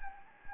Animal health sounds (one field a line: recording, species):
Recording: mosquito wingbeat signal from an infrared sensor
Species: Anopheles gambiae